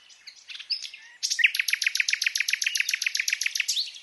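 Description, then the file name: Common nightingale song: a few soft notes, then a loud, fast series of repeated sharp chirps, ending in a rising whistle. "Luscinia megarhynchos"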